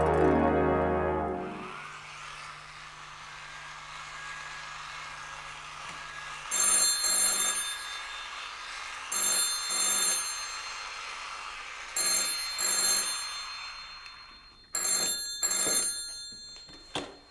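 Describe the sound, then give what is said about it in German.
A telephone bell rings in four separate bursts, each a bright, metallic double ring with pauses of quiet between them, over a faint steady hum and no talking. “Es hat endlos geklingelt.”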